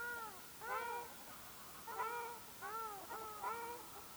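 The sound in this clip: Ruddy shelduck calls: several nasal, drawn-out honks with arched, downward-curving tone over a quiet background.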